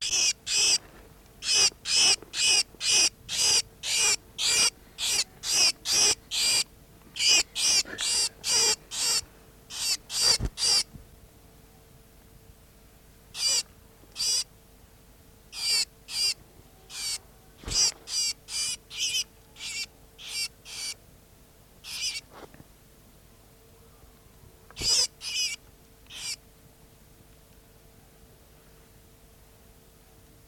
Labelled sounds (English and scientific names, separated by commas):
Great Sparrow (Passer motitensis)